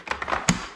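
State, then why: Seated. A plastic and fabric bedside crib body is pushed down onto its frame, giving a few light knocks around 0.1 and 0.2 seconds. A sharper, louder knock at 0.5 seconds marks the crib body seating into position on the frame.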